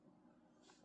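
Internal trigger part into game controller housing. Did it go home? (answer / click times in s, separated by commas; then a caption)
no / none. An internal trigger part that popped out of place in an opened PS5 controller is being pushed back into the controller housing by hand. Faint handling and rubbing sounds are heard with no distinct click, and the part has not seated yet.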